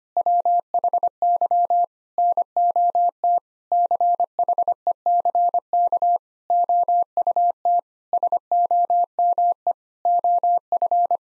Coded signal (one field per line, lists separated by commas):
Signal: Morse code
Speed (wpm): 25 wpm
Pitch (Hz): 700 Hz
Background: none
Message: WHY NOT CHECK OUT SOME OF